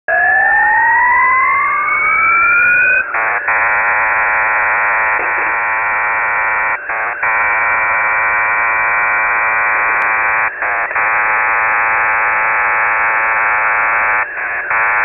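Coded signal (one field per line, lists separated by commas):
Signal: unidentified radio signal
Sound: two rising tones sweep upward for three seconds, then steady wide buzzing data hiss with brief gaps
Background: radio static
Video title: Shortwave oddity Sweep & Data on 3591.40 kHz 10.3.2022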